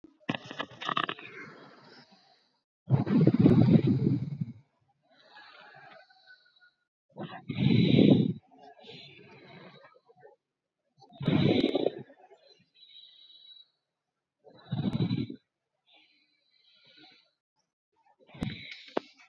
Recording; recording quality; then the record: shallow breathing; excellent, no background noise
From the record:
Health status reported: exposed to COVID-19, no respiratory illness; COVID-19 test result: negative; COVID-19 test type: RT-PCR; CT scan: not taken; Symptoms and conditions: cold, loss of smell and taste, hypertension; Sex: male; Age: 39 years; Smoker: no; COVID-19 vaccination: both doses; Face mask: not worn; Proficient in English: yes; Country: India